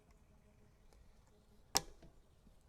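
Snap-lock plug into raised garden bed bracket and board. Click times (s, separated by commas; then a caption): 1.8 s. On the other end of a composite garden bed board, a plastic snap-lock plug is pressed flat with the palm into the hole of a plastic bracket. After a quiet stretch, a single sharp click sounds at 1.8 s and decays quickly. The plug is seated in the bracket.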